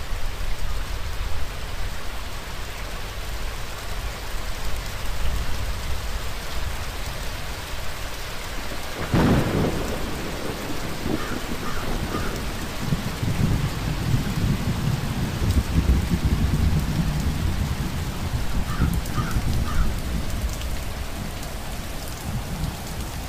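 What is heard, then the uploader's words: Thunder and steady rain. The rain hiss runs throughout at an even density, and around nine seconds a sharp crack of thunder breaks in, followed by a long low rumble that swells and rolls on to the end, with a few faint chirps above it. Thunder and Rain.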